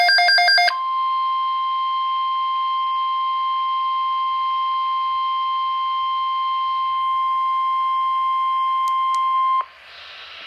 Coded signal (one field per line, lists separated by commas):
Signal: Emergency Alert System (SAME) tones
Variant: 1050 Hz attention tone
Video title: NOAA - Tornado Watch #501 Extension (EAS #1,290)